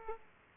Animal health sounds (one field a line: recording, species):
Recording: mosquito wingbeat signal from an infrared sensor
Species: Aedes aegypti